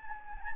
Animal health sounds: mosquito wingbeat signal from an infrared sensor; Anopheles gambiae

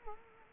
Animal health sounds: mosquito wingbeat signal from an infrared sensor; Culex quinquefasciatus

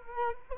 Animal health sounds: mosquito wingbeat signal from an infrared sensor; Culex quinquefasciatus

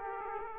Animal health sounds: mosquito wingbeat signal from an infrared sensor; Aedes aegypti

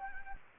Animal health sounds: mosquito wingbeat signal from an infrared sensor; Anopheles gambiae

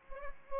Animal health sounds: mosquito wingbeat signal from an infrared sensor; Aedes aegypti

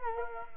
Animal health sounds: mosquito wingbeat signal from an infrared sensor; Culex quinquefasciatus

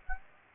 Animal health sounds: mosquito wingbeat signal from an infrared sensor; Aedes aegypti

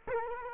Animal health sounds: mosquito wingbeat signal from an infrared sensor; Culex quinquefasciatus

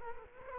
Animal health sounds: mosquito wingbeat signal from an infrared sensor; Culex quinquefasciatus

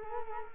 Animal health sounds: mosquito wingbeat signal from an infrared sensor; Culex quinquefasciatus

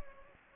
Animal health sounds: mosquito wingbeat signal from an infrared sensor; Anopheles gambiae

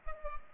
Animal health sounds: mosquito wingbeat signal from an infrared sensor; Culex pipiens

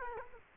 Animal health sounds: mosquito wingbeat signal from an infrared sensor; Culex quinquefasciatus

